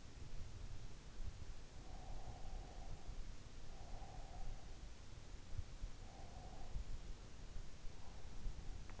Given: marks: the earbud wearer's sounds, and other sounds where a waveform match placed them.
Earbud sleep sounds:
sounds in sleep by an in-ear microphone; breath
1.83-4.93 s: breath
5.97-9.00 s: breath

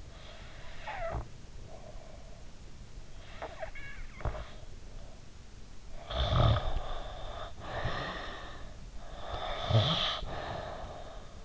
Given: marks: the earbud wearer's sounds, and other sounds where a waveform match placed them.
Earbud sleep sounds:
sounds in sleep by an in-ear microphone; snoring breath
0.00-2.24 s: snoring breath
2.87-5.28 s: snoring breath
5.70-8.88 s: snoring breath
9.31-11.45 s: snoring breath

